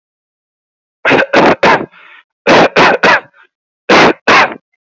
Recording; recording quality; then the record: shallow voluntary cough; excellent, no background noise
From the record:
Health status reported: exposed to COVID-19, no respiratory illness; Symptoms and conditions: cough, cold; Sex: male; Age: 22 years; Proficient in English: yes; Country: India